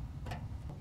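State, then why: Seated. A GatorTrax MX tonneau cover's mounting clip is pushed up into place on the bed rail of a 2010-2017 Ram pickup with Rambox, after the cover's drain tube has been pushed through the hole. A sharp click at 0.3 s marks the clip seating, meaning it is installed, followed by fainter ticks at 0.7 s and 0.9 s over a low background rumble.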